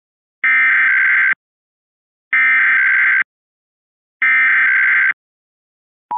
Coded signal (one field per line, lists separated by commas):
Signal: Emergency Alert System (SAME) tones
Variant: header bursts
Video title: Required monthly Test Kansas Jan 9 2024